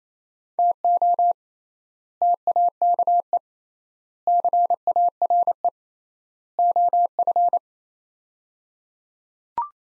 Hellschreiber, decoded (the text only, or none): none